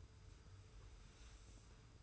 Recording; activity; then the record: daily activity, microphone in the room; sweep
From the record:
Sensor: 2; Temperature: 25.1 degrees Celsius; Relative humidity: 42.2%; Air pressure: 991.2 hPa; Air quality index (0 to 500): 147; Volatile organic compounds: 362 ppm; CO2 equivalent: 4605 ppm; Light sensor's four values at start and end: 40/115/46/43 and 40/115/46/43